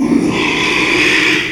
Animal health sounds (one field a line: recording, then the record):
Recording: squeal of a Yucatan mini pig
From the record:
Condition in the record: after surgery on the right vocal fold (resection and tissue-engineered implant)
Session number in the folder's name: 1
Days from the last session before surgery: 6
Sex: male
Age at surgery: 12 weeks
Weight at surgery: 13 kg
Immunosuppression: cyclosporine, prednisolone